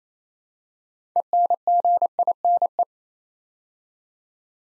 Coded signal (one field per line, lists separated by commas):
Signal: Morse code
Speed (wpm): 27 wpm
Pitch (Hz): 700 Hz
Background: none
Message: ENGINE